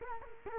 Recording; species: mosquito wingbeat signal from an infrared sensor; Culex quinquefasciatus